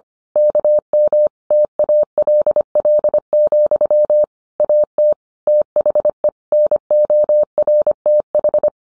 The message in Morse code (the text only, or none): KM TALL, AT THE NORTH